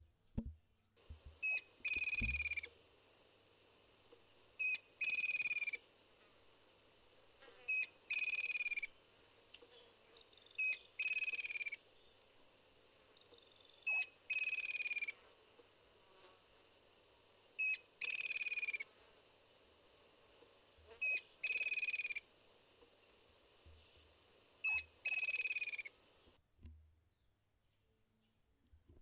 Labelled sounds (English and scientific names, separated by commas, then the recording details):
Striped Kingfisher (Halcyon chelicuti)
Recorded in northern Uganda